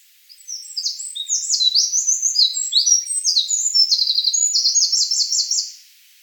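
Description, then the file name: Eurasian wren singing a long, shrill, rapid-fire song of varied notes, ending in a clear fast trill before stopping. "Troglodytes troglodytes"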